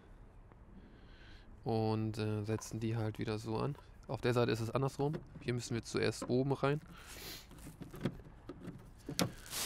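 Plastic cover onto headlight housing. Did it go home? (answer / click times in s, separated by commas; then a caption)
yes / 9.2 s. Someone talks while the plastic rear cover of the headlight on an Audi A6 4F with xenon lights is set into the headlight housing, top first and then pressed in at the bottom, with soft handling noises. A sharp snap at 9.2 s is the cover latching on its one latching side, and the cover is seated.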